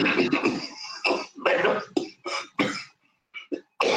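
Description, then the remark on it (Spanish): A run of harsh, hacking coughs mixed with gravelly throat clearing, coming in uneven bursts with short pauses between them, fairly loud and with no talking over them. “Perdón por la tos,”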